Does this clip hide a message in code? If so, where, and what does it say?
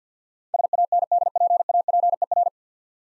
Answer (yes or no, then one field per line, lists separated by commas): yes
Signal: Morse code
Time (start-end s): 0.5-2.5 s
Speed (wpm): 50 wpm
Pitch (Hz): 700 Hz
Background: none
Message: SANDPAPER